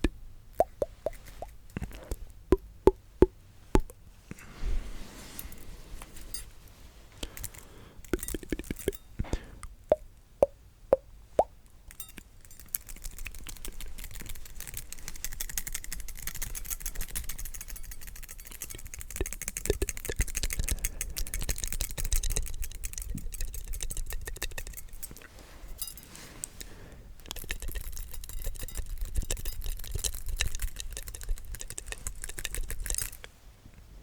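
Wet mouth sounds start as sparse, sharp clicks and pops, some with a short hollow ring, for about the first twelve seconds. After that they merge into a denser, steady crackling of bright, quick clicks that continues to the end.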